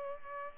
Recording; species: mosquito wingbeat signal from an infrared sensor; Culex pipiens